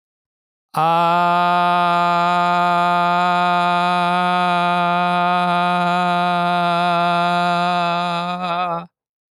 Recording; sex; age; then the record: vowel held as long as possible; male; 20 to 29 years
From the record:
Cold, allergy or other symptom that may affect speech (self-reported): no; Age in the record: 26 years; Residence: Virginia, United States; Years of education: 16